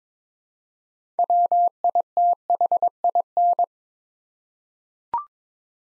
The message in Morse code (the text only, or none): WITHIN